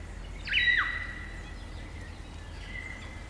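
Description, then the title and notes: Kaka call: a sharp, harsh descending squawk-whistle followed by a long level whistled tone that fades, another faint whistle joining near the end. Eerie dusk chorus of kakas, a large parrot, singing in late spring at Karori Sanctuary near Wellington, New Zealand. "It's late spring at the Karori Sanctuary near Wellington, New Zealand and the kakas – a large species of parrot – are singing their eerie dusk chorus. BBC Countryfile Magazine's Sound Escapes Recorded by Margaret Bartlett."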